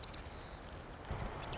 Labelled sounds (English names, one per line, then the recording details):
Marsh Wren
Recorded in Sonoma County, California